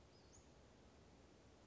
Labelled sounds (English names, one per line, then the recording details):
Western Flycatcher
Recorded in Sonoma County, California